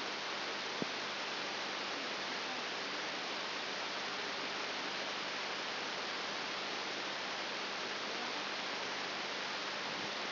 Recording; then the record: brain microelectrode recording played as sound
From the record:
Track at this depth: inside the subthalamic nucleus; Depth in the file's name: 5.9 mm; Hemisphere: right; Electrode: 3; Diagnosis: Parkinson's disease